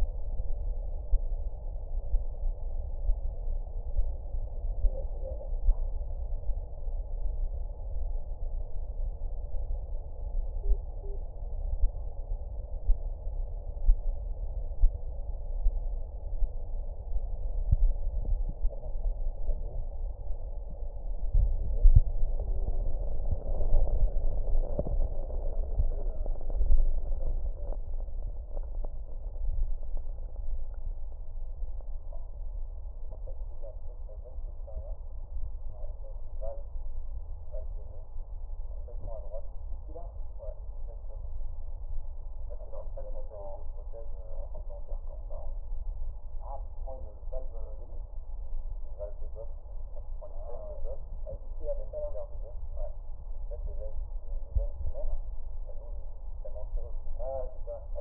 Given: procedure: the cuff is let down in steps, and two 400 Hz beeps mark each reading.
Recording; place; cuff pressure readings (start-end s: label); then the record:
Korotkoff sounds by stethoscope; brachial artery, at the lower edge of an arm cuff
10.63-11.16 s: 70 mmHg
From the record:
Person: healthy adult, 24 to 32 years, lying on the back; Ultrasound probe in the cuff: proximal